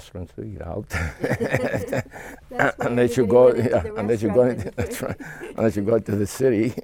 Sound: they laugh

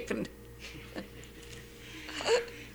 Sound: they laugh

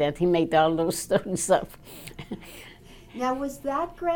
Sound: laughs

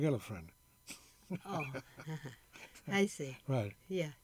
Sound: laughs

